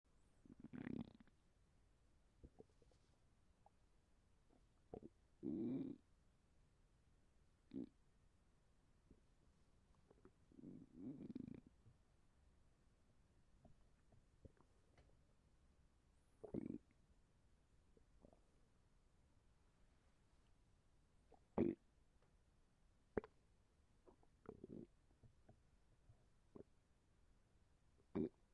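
Intermittent gurgling and rumbling stomach noises from hunger in an adult, short bursts separated by quiet pauses.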